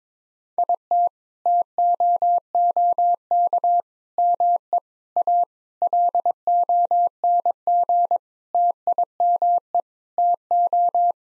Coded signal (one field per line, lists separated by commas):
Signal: Morse code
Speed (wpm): 22 wpm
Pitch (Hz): 700 Hz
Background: none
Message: IT TOOK ME A LONG TIME TO